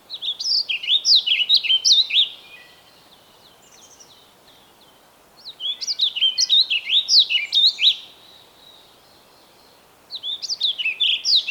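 Bird song: three bursts of rapid, high chirps separated by quiet pauses, the last cut off.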